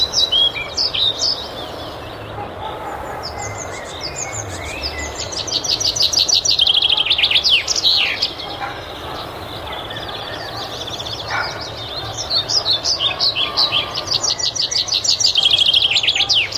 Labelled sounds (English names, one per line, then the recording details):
European Pied Flycatcher song
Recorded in the wild
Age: adult
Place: Mühlenbecker Land, OT Summt, Brandenburg, DE
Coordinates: 52.6931, 13.3619
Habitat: garden
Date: 1988-05-01 15:33
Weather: sunny, 17-25°C
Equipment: Nagra SN, Kopie Tesla B 116
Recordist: Tembrock, Günter